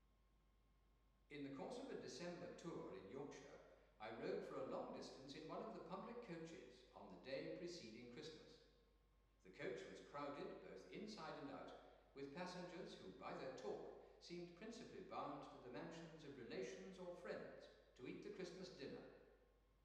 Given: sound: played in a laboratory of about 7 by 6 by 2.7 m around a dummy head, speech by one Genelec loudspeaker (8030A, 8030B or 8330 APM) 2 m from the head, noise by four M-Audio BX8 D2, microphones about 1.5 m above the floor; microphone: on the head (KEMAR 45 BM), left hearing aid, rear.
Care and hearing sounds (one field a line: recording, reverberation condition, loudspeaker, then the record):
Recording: male speech in English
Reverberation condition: high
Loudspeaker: 30 degrees to the left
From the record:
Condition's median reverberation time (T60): about 1300 ms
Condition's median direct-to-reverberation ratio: about -4.0 dB